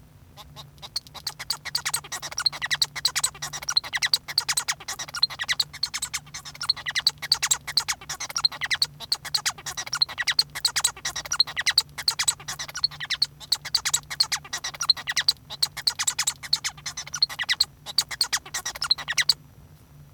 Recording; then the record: song of a male Bengalese finch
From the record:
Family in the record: son of father 1